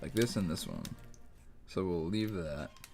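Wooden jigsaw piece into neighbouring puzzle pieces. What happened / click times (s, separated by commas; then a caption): Handled, not yet home: no seating click heard / none. Wooden jigsaw puzzle pieces are handled and swapped against neighbouring pieces to test the fit while someone talks over faint handling sounds. Nothing has seated or clicked into place yet.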